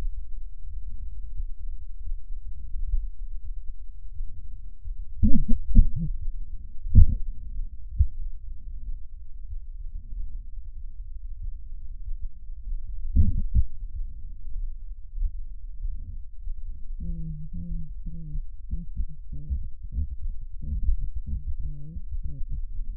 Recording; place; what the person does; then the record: lung sounds by stethoscope; left posterior apical chest; quiet breathing, then cough and speech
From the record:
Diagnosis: interstitial lung disease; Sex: female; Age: 68 years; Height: 152 cm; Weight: 76 kg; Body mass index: 32.9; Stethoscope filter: bell mode